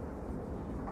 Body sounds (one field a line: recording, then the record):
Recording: background sound without coughing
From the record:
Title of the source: Train Ride Ambience ambient white noise for sleeping, focus, studying, reading